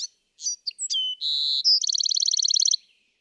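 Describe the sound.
Bewick's wren song: quick chips and a down-slurred whistle, a buzzy note, then a fast, rhythmic trill that stops abruptly.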